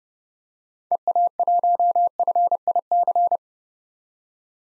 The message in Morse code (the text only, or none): EA1FIC